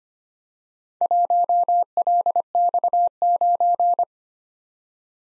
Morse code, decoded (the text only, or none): 1LX9